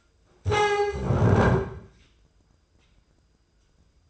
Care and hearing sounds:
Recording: daily activity, microphone in the room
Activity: stand up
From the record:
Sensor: 2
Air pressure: 995.8 hPa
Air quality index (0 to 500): 243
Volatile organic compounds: 1000 ppm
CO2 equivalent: 5991 ppm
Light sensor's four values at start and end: 27/65/29/32 and 24/57/26/29

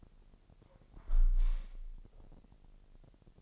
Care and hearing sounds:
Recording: daily activity, microphone in the room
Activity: close window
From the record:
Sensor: 5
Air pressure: 999.9 hPa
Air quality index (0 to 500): 246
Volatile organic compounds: 33 ppm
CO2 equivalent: 3028 ppm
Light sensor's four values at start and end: 34/80/32/30 and 34/80/32/30

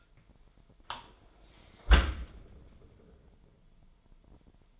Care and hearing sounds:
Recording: daily activity, microphone in the room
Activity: close dishwasher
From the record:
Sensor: 5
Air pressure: 998.4 hPa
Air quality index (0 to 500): 80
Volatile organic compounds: 1 ppm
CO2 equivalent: 910 ppm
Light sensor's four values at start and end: 22/51/21/24 and 22/51/21/24

